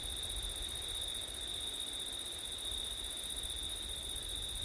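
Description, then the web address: Crickets sing a constant high trill, with low wind rumbling underneath the whole time. Crickets on a September night in wind, recorded with an ORTF stereo setup. "audio crickets wind september night ortif"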